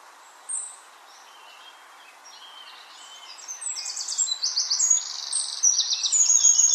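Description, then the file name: Eurasian wren song starting with a few faint high notes, then swelling into loud, rapid, rattling trills that run on to the end. "Troglodytes troglodytes"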